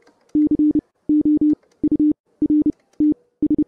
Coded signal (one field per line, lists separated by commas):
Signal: Morse code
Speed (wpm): 30 wpm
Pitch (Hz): 300 Hz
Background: none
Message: COURTS